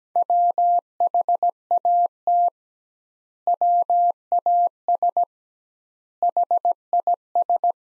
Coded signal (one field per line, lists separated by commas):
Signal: Morse code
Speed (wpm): 17 wpm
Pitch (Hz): 700 Hz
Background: none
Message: WHAT WAS HIS